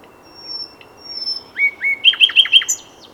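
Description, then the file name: Common nightingale song: faint thin whistles, then two clear slurred notes followed by a quick series of sharp repeated notes. "Luscinia megarhynchos"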